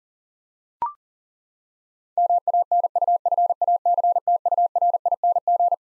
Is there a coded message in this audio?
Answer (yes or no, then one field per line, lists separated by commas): yes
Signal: Morse code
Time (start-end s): 2.2-5.7 s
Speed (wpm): 37 wpm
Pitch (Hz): 700 Hz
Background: none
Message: MANUFACTURING